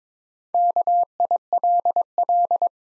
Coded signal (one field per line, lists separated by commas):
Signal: Morse code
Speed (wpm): 22 wpm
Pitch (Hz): 700 Hz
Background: none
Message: KILL